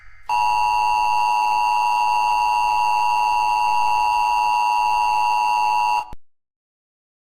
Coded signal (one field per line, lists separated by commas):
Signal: Emergency Alert System (SAME) tones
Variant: 853 and 960 Hz attention tone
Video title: EAS Scenario - The Chaos of Santiago - Part 2